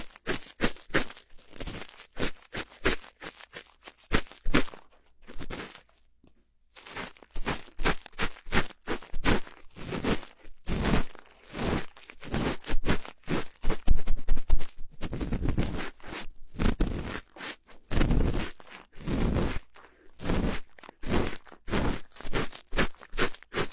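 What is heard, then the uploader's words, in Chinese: Cotton swab cleaning an ear: a dense run of short scratchy, crackling rubs that sound bright and crunchy. The strokes come quickly and irregularly for about 24 seconds, with a brief quiet gap near five seconds and busier clusters around 11, 15 and 19 seconds. 棉棒掏耳朵。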